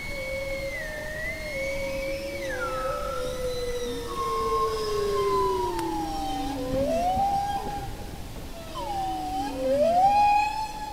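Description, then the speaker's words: Bowhead whale song: long, smooth tonal moans that slide slowly downward, overlapping, then rising and falling upsweeps near the end, over a low steady background hiss. Played recording; bowheads sing long songs, like humpback whales. "But to a bowhead, it's a future they may live to sing about."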